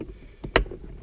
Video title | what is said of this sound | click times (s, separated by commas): Dodge Viper LED Upgrade! - Part 2 | you go. Those little covers pop into place, and | 0.6 s